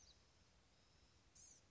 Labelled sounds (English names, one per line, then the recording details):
Blue-gray Gnatcatcher
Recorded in Sonoma County, California